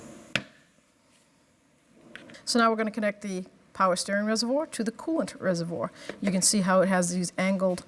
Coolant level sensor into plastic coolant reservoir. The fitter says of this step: push it right in until it clicks so